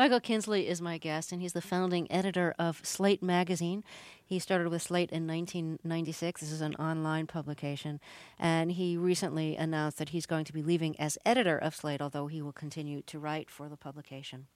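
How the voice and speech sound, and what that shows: A single adult woman speaks fluently in a clear, steady mid-pitched voice, introducing a guest in a radio interview. Rhythm is even, with a few short natural pauses and no hoarseness, breathiness or disfluency. Ordinary speech.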